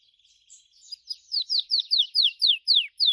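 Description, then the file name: Gloster canary song of clear downslurred whistled notes repeated about four times a second, growing louder as the phrase goes on. "canto do canario gloster"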